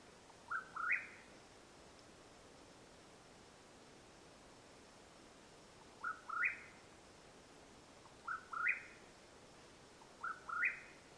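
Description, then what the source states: Mexican whip-poor-will sounding a rolling, rising whistled phrase, pausing several seconds, then giving three more phrases close together. Calling at nightfall in Madera Canyon, Arizona, USA, on 21 April 2022.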